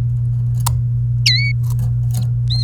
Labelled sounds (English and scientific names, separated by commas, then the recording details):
Domestic Canary (Serinus canaria) song
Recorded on 29 April 2018 at 07:11
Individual llb3